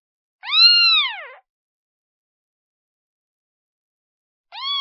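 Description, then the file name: Cat: kitten gives one long high meow that arcs and falls, then a long silence before another call begins. Kitten calling for its mother. "Tieng meo con keu tim me"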